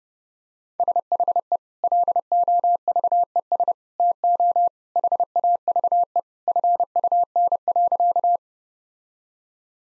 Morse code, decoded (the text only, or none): SHE LOVES TO HAVE FUN.